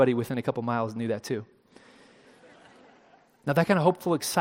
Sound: laughter!